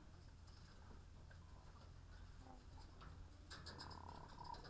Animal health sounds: poultry house recording; sick chickens (respiratory disease)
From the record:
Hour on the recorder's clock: 14

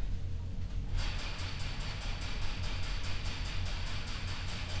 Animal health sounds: poultry house recording; no chicken sound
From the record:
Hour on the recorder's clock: 21

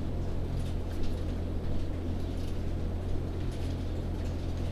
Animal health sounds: poultry house recording; no chicken sound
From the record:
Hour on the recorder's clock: 21

